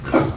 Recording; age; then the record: pig call; growing-finishing pig (85 days or more)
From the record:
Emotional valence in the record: positive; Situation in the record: run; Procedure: transit